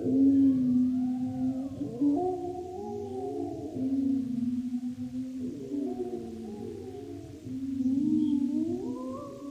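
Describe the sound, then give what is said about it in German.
Wolves howl together in a chorus on a full-moon night, several long, wavering tones rising and falling over one another, sustained and fairly loud throughout with no voices. “Die Wölfe heben an zu heulen.”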